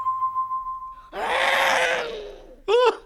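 In a forest, a lion's roar bursts out loud and rough for about a second and a half, after a thin steady tone and before a short wavering cry, with no talking.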